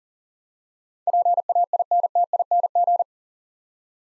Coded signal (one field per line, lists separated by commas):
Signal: Morse code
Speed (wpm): 40 wpm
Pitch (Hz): 700 Hz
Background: none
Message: PAINTING